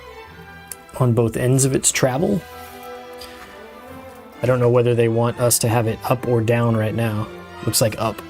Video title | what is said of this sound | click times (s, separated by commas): Live Snap Build: The Legion of Thor | that allows it to snap into place | 0.7 s